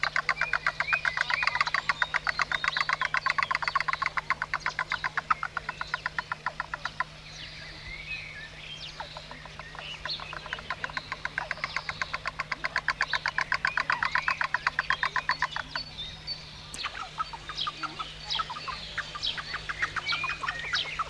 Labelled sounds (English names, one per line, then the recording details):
Ruddy-headed Goose call
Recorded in captivity
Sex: pair
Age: adult
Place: Vogelpark Walsrode, Niedersachsen, DE
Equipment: Halbspur, 9,5 cm/s
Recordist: Lütgens, Hans